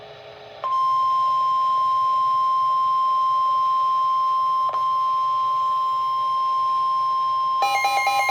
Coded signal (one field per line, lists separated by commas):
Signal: Emergency Alert System (SAME) tones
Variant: 1050 Hz attention tone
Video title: 5/9/26 Severe Thunderstorm Warning for Liberty and Chambers Counties (EAS #42)